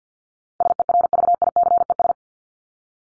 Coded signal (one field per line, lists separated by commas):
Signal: Morse code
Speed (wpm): 48 wpm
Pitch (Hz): 700 Hz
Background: none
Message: SERVICES